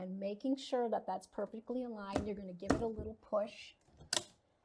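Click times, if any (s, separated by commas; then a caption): 4.2 s. A drawer box is fed onto soft-close drawer slides, aligned, and given a little push until it latches onto the soft-close runners. Someone talks for most of the clip, then one sharp, loud click is heard at 4.2 s as the drawer box seats onto the slides.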